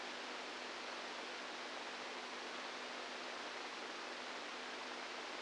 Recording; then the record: brain microelectrode recording played as sound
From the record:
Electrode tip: inside the subthalamic nucleus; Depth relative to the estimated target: -3 mm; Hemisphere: right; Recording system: NeuroSet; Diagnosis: Parkinson's disease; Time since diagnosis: 10 years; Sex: female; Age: 67 years